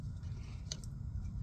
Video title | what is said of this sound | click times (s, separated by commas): How to replace windshield washer pump Toyota Corolla Matrix and many other car Lexus and others | that just connects right there it snaps in place | 0.7 s